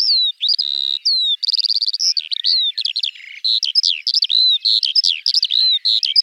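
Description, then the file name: Eurasian skylark song of bright, hurried whistles and trills, including a fast rattling burst near the start, all strung together in a ceaseless high warble. "Alouette des champs"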